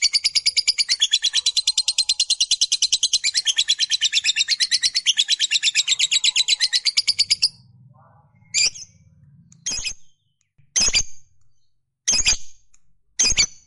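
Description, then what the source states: Lovebird chatter, a long, fast, buzzy run of high notes lasting over seven seconds, then several short harsh calls with gaps. Fighter-type lovebird giving long chatter (ngekek panjang).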